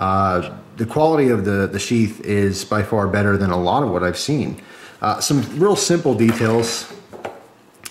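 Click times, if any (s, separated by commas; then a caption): 7.9 s. Someone talks through most of the clip, then a Gavkoo "Fighting Toothpick" custom fixed-blade knife is pushed into its form-fitted kydex sheath. Two faint knocks come at about 7.1 and 7.3 s, then a sharp snap at 7.9 s as the knife seats into the sheath's retention.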